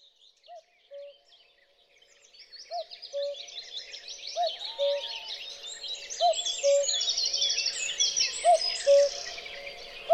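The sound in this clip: Cuckoo giving repeated two-note cu-coo calls, five in steady rhythm and the start of a sixth, with a chorus of small birds swelling into busy twittering after the first few calls.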